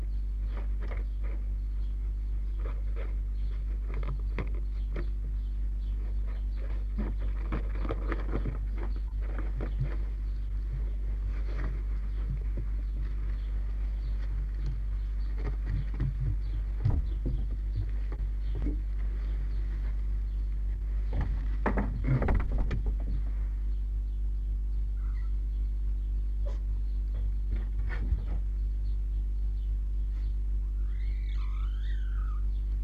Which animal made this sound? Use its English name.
Red Fox